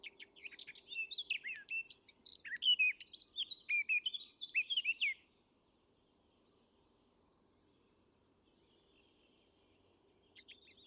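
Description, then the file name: Eurasian blackcap song: one lively warbled phrase of about five seconds, varied chirps and whistles tumbling quickly, then near silence before a brief new start at the end. "Sylvia atricapilla"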